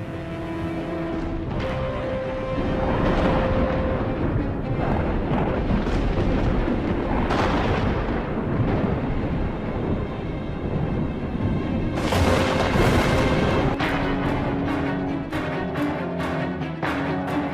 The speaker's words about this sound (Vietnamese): Mà trời ơi, mà ở trên bầu trời sấm chớp vẫn cứ đì đà đì đùng, những tia chớp cứ lập lả lập lòe rọi lên khu vườn hoang ấy.